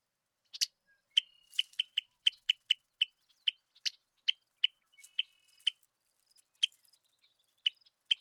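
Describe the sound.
Red-winged blackbird calls: a fast series of short, clipped chack-like notes, spaced by fractions of a second, some with a faint thin tone beneath.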